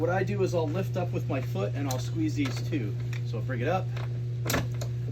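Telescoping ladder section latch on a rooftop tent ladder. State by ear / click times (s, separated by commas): released / 4.5 s, 4.8 s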